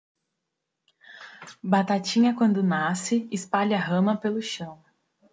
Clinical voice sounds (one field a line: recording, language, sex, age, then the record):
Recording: short text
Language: Brazilian Portuguese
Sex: female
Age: 20 to 29 years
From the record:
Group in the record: control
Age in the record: 27 years